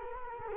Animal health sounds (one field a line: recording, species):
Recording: mosquito wingbeat signal from an infrared sensor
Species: Culex quinquefasciatus